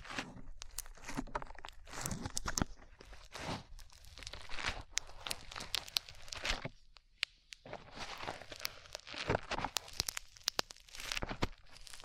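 Sticky slime squelches and crackles in dense, irregular bursts of sharp crinkly pops, pausing briefly around seven seconds before resuming steadily.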